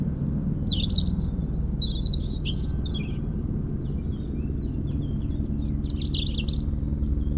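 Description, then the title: European robin pouring out rapid, high-pitched, wavering phrases and thin piping notes, set against an unbroken low rumbling helicopter noise. Robin singing in a hedge near Lac du Bourget, France, during helicopter lifting work for cliff repairs, sound echoing off a mountain; Zoom H4n Pro set vertically on ground. "4 Chem. de la Pointe Forestier, Brison-Saint-Innocent, France - Duo rouge-gorge hélicoptère"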